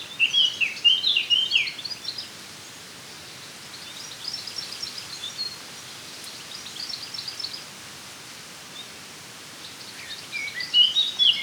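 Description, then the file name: Eurasian blackcap giving two short warbled phrases, one at the start and one at the end. Each is a quick jumble of chirps and whistled notes, with quiet gaps between. "Sylvia atricapilla"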